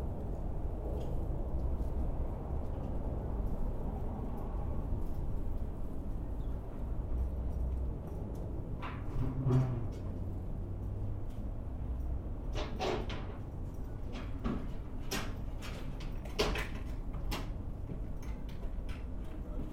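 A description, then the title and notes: A plumber's motorized drain snake runs in a sewer pipe, a steady low rumbling drone that fills the whole twenty seconds. Over it come scattered knocks and scraping clanks, more frequent after the midpoint, as the cable works through the clog. A plumber bring a 100 foot snake into the basement to unclog our sewer pipe with noises of unclogging.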